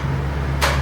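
A brush or dryer attachment of an Ikonic Me 2-in-1 brow dryer hair styler is being fitted onto the motor handle, ready to be rotated so it twist-locks. A steady low hum runs throughout, with a brief broadband rustle of handling near 0.6 s, and someone talks. Nothing has seated or clicked yet.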